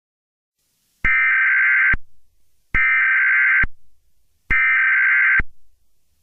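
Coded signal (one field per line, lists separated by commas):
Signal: Emergency Alert System (SAME) tones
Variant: header bursts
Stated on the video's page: Joke fictional EAS scenario, not meant to be taken seriously.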